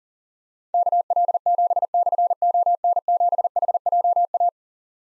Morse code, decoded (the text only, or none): KL7/ON7HJA